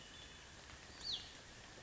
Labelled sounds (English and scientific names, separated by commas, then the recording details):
Hutton's Vireo (Vireo huttoni)
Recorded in Sonoma County, California